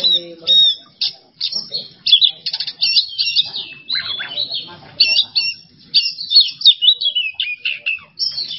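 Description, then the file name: Oriental magpie-robin singing a varied string of short whistles, squeaky notes and harsh chatters in quick succession. Masteran training recording for songbirds; song style named bongkar isian emosi. "Masteran Kacer Bongkar Isian Emosi"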